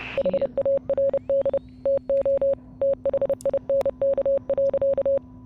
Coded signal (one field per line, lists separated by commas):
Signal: Morse code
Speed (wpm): 29 wpm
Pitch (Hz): 550 Hz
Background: none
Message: HARD TO THINK.